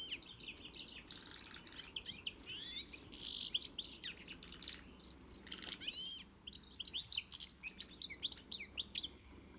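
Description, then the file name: European greenfinch twittering, with bursts of high chirps and fast trilled notes in scattered phrases over a quiet background. "Chloris chloris"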